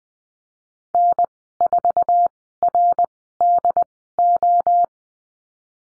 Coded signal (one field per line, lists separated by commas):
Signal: Morse code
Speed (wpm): 20 wpm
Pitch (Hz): 700 Hz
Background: none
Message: N4RDO